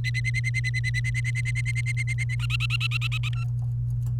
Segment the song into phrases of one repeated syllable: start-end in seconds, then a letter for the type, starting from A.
0.04-2.35 A, 2.39-3.29 B, 3.35-3.44 C